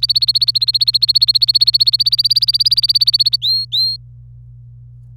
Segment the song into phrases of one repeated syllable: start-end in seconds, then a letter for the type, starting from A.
0.00-3.36 A, 3.42-3.96 B